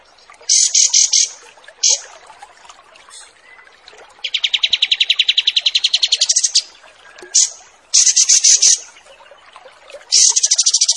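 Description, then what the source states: Kapas tembak song mixing clusters of high sharp notes with a long lower buzzing trill, the phrases repeating through the recording. Wild bird; recording made as a training song for caged birds (masteran).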